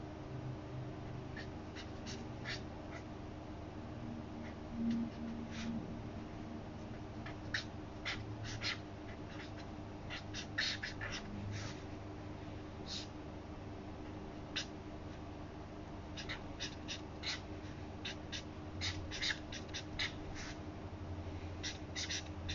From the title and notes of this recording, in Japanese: 本の「はじめに」ないしそれに当たる部分だけを読み、印象に残った一節を書き写しているときの音です。本の「はじめに」だけを読み、印象に残った一節を書き写す。